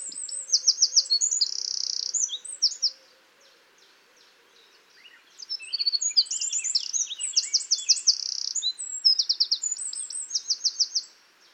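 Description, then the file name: Eurasian wren song in two bursts, each a rapid cascade of shrill trills and sharp notes, separated by a quiet gap of a few seconds. "Troglodytes troglodytes"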